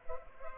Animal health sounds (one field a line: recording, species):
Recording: mosquito wingbeat signal from an infrared sensor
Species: Culex pipiens